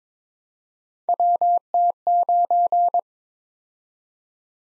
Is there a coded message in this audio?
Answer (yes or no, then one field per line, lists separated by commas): yes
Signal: Morse code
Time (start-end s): 1.1-3.0 s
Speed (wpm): 22 wpm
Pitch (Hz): 700 Hz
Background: none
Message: WT9